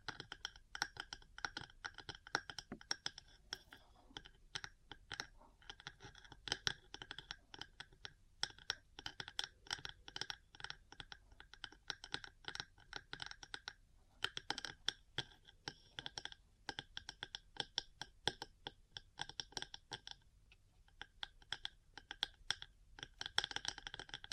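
Metal parts tapping and scratching in dense, irregular clicks and clinks, bright and rattly, with brief pauses near fourteen and twenty seconds.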